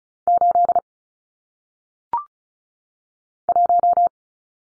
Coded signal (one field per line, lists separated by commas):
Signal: Morse code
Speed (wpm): 35 wpm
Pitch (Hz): 700 Hz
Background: none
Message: 8 1